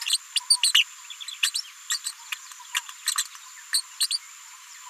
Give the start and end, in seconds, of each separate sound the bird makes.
0.01-0.18, 0.35-0.40, 0.49-0.57, 0.62-0.84, 1.42-1.51, 1.53-1.62, 1.89-1.98, 2.04-2.12, 3.72-3.82, 4.00-4.07, 4.10-4.18